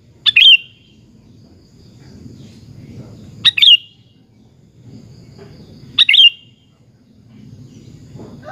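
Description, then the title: Sooty-headed bulbul repeats a short, bright, two-part chirpy phrase roughly every three seconds over a soft, low background rumble. "Kutilang"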